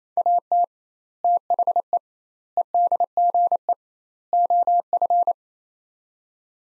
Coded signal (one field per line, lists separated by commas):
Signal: Morse code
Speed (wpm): 28 wpm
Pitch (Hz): 700 Hz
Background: none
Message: AT THE EDGE OF